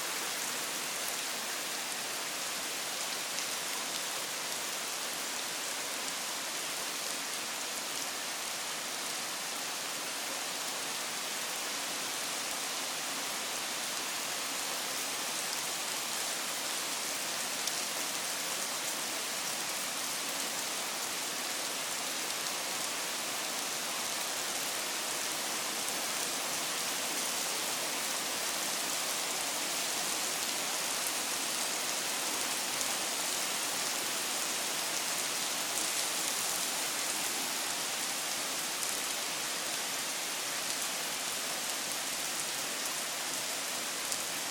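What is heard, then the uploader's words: Steady rain falls throughout, a dense, even hiss with the brightest part high up and little low rumble. Fine pattering detail runs through it without distinct drops standing out, and the level holds constant for the whole stretch with no other sounds. The sound of the rain.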